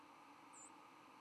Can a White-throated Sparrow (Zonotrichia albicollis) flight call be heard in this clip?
yes